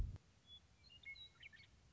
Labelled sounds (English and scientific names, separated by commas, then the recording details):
Western Meadowlark (Sturnella neglecta)
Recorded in Sonoma County, California